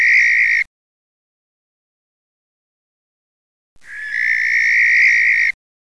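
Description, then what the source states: Barn owl call: the tail of one rasping screech, a three-second silence, then a full, steady, hissing shriek. Male.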